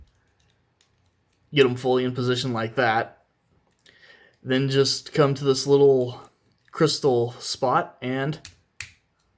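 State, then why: Seated. Someone talks while transforming a small plastic Beast Machines Basic Class Spy Streak action figure into robot mode, pushing its plastic head up from the chest crystal area into the torso. A single sharp snap is heard at 8.8 s as the head locks into place.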